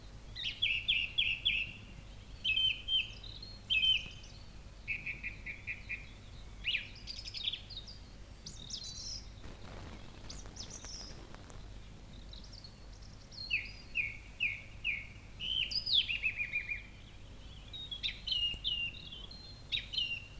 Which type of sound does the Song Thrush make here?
song